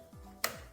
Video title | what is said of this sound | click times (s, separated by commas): 2021-2025 KIA K5 2.5L LXS- Service Air Mass Sensor and Air Filter | Okay, go ahead and slide it on. Listen for the click. | 0.4 s